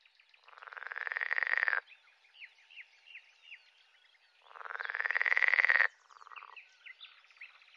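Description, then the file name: Pool frog calls: two loud pulsed croaking bursts that rise in pitch and swell, separated by softer repeated chirping notes. "grenouille de lessona"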